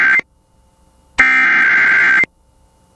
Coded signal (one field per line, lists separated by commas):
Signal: Emergency Alert System (SAME) tones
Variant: header bursts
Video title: (EAS #19) Arkansas + Oklahoma SEVERE THUNDERSTORM WATCH on KALT-FM